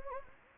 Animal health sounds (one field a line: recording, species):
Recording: mosquito wingbeat signal from an infrared sensor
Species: Anopheles gambiae